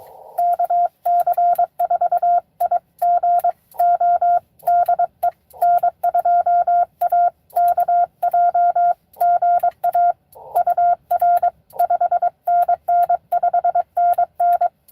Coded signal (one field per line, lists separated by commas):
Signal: Morse code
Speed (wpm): 22 wpm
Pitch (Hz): 700 Hz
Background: none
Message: KC4IGO DE N2AKJ GA UR 5NN 5NN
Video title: N2AKJ is live! doing pota at us-2114 #pota #cw #n2akj #morsecode